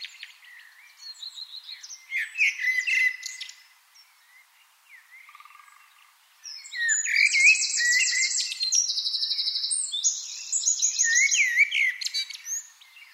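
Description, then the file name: Eurasian wren song: a sharp twittering phrase, a quiet gap, then a long, loud, machine-gun trill that shifts in pitch, ending in squeaky notes. "Troglodytes troglodytes"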